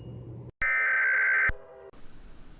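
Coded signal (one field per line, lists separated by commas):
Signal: Emergency Alert System (SAME) tones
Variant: header bursts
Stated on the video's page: Fictional EAS scenarios, several creators' versions of Radioactive Queen II; simulated alerts.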